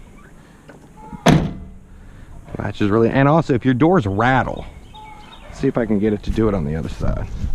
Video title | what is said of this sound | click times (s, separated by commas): How to replace door striker bushings | Quieter. Latches | 1.3 s